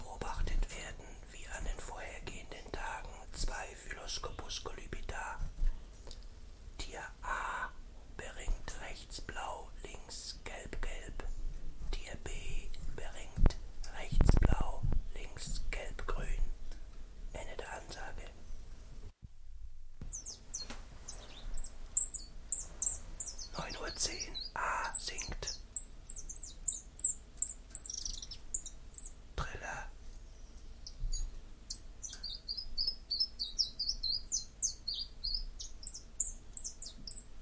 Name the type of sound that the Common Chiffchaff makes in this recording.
song